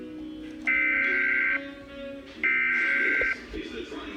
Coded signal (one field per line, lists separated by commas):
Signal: Emergency Alert System (SAME) tones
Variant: header bursts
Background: speech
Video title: EAS #105 Severe Thunderstorm Warning